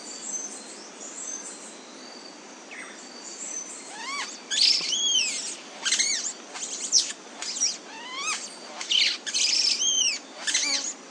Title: LuckyPassaro Completos2Sama. Chestnut-bellied Euphonia (Euphonia pectoralis)